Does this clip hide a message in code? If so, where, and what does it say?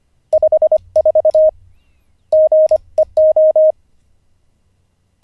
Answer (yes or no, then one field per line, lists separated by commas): yes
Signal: Morse code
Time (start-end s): 0.3-3.7 s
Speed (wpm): 25 wpm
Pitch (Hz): 620 Hz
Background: none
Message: 54 GEO